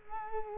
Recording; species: mosquito wingbeat signal from an infrared sensor; Culex quinquefasciatus